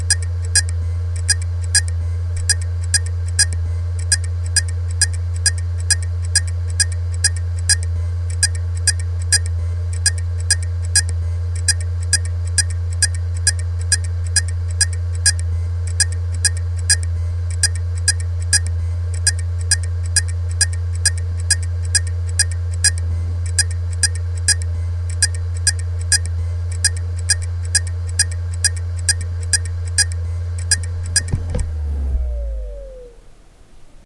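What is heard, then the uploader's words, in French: An external hard drive's read head crashes, tapping out a fast, regular clicking that repeats steadily for about thirty seconds over a strong low hum from the spinning drive. Near the end the clicking stops and the hum winds down, falling in pitch into silence. WD20NMVW. Crash d'une tête de lecture sur disque dur externe WD My passport.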